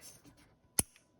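A wiring harness connector is pushed one-handed, left-handed, into its mating plug on a Polaris EVO snowmobile. After faint rustling, a single sharp click at 0.8 s marks the connector seating, followed by a soft tick at 1.0 s. The connector clicks together and is confirmed seated.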